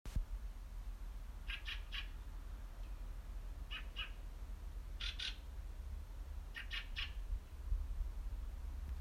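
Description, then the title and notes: Fieldfare harsh chattering calls, four short bursts of two or three rasping notes spaced a second or two apart, over a steady low rumble. "Gråtrost. Fieldfare (Turdus pilaris) Av Per Harald Olsen"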